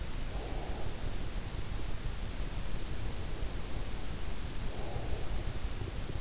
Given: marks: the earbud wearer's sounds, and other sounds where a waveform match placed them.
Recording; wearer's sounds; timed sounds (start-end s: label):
sounds in sleep by an in-ear microphone; breath
0.00-1.73 s: breath
4.46-6.21 s: breath